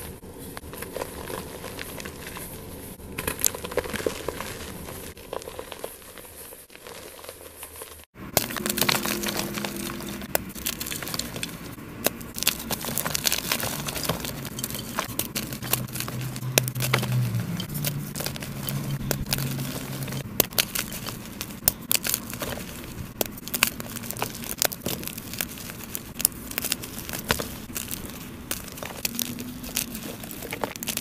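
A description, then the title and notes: ASMR crushing: quieter crackling for eight seconds, then a sudden cut to dense, bright crunching and crinkling snaps with a steady low hum beneath. Audio only compilation of joolz asmr crushes.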